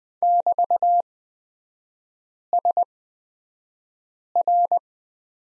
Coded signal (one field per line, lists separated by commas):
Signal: Morse code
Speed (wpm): 20 wpm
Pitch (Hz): 700 Hz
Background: none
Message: <BT>SR